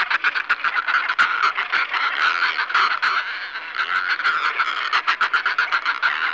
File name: Burnak ledni Fulmarus glacialis